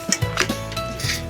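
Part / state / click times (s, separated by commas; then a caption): table post into camper floor mount / seated / 0.1 s, 0.4 s. A camper table post is slid into its floor mount and turned all the way over until it locks, giving sharp clicks at 0.1 s and 0.4 s as it seats, with a steady tone underneath. It is then ready to be screwed down.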